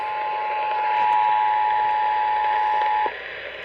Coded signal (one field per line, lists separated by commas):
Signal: Emergency Alert System (SAME) tones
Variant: 853 and 960 Hz attention tone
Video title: I JUST TO BE A WATCH AND THEN A WARNING… EAS Alerts from 4/15/23 (EAS#180 & #213)